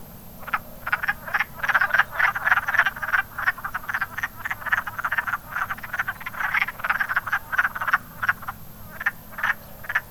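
Wood frog chorus: steady stream of short raspy clucks from several frogs, overlapping constantly, a soft hum in the background.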